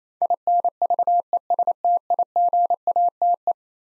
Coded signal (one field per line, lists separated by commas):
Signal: Morse code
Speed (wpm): 27 wpm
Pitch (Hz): 700 Hz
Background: none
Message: INVESTIGATE